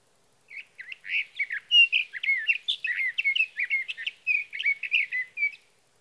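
Sage thrasher delivering a lengthy, hurried warbling song of varied clear and slightly buzzy notes, continuous for about five seconds, otherwise quiet.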